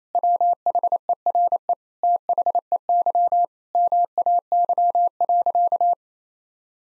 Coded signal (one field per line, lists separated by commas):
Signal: Morse code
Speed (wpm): 28 wpm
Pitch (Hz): 700 Hz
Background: none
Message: WHERE THEY MAY.